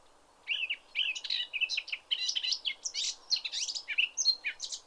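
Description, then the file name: Eurasian blackcap song: a rapid, continuous warble of varied chirps and scratchy notes, starting after half a second and running to the end, with faint low background noise. "Sylvia atricapilla"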